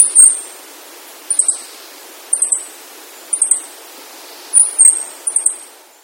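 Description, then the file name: Meadow bunting giving very high, thin, clipped notes in several short bursts about a second apart. "hojiro"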